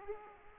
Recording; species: mosquito wingbeat signal from an infrared sensor; Aedes aegypti